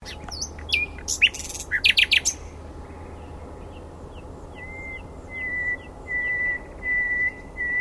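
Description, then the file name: Common nightingale song: a burst of varied chirps and rattles, then a row of pure, even whistles. "Luscinia megarhynchos"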